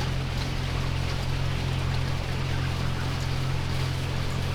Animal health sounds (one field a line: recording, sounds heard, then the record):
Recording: poultry house recording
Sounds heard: healthy chickens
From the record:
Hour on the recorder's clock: 9